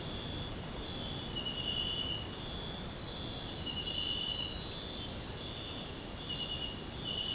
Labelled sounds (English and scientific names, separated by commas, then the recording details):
none
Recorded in dense forest near Puerto Asís, Putumayo, Colombia, on 20 February 2024 at 05:00
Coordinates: 0.503, -76.322
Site G6418